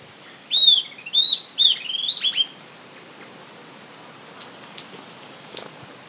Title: LuckyPassaro Completos2Sama. Southern Antpipit (Corythopis delalandi)